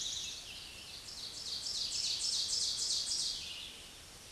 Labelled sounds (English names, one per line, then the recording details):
Ovenbird song
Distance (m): 25 m
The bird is about 5 m above the microphone
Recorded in a Pennsylvania forest on 16 May 2024 at 06:28
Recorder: AudioMoth, point MSD-2166
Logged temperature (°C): 16.3 °C
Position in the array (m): 136 m, 4 m